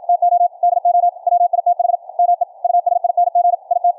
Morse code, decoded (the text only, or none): TO DO WITH ME USING IT